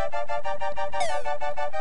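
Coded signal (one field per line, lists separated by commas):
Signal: none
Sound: game music sound effects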